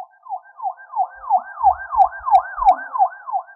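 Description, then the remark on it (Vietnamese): A police car siren wails in rapid, repeating up-and-down sweeps as the car speeds up to the front gate of a house, a loud steady yelp cycling about three times a second, with faint low rumbles and thuds beneath. “Đột nhiên tiếng xe cảnh sát vang lên, mọi người đều xoay đầu nhìn, chỉ thấy chiếc xe cảnh sát nhanh chóng lại trước cửa”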